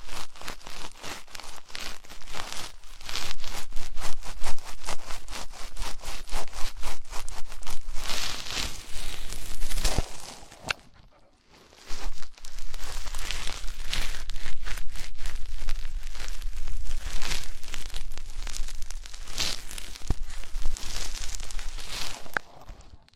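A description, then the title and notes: Dense crackling and rustling of deep ear cleaning and massage, with rapid crinkly scratches that brighten and swell in waves. Near the eleven-second mark the sound drops out almost to silence, then the steady scraping and crunching resumes and carries through to the end. Enhanced version of deep ear cleaning, massage.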